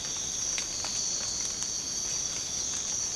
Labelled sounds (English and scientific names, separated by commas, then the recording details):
none
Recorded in secondary vegetation near Puerto Asís, Putumayo, Colombia, on 19 March 2025 at 04:30
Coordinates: 0.485, -76.322
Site G040